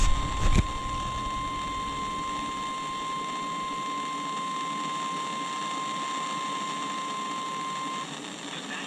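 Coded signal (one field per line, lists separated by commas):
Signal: Emergency Alert System (SAME) tones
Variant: 1050 Hz attention tone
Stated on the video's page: Real severe weather alerts.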